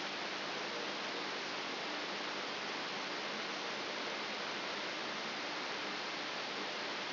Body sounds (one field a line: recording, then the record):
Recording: brain microelectrode recording played as sound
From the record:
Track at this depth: inside the subthalamic nucleus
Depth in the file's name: 3.902 mm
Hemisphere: left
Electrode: 3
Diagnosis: Parkinson's disease